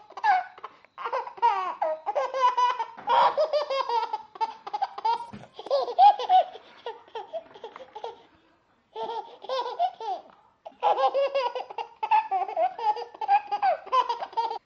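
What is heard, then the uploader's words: A baby laughs in bright, clear, bubbly bursts, with rapid repeated giggles and squeals. The laughter comes in fits, pausing briefly around eight to nine seconds and again near ten and a half before resuming. A BABY LAUGHING.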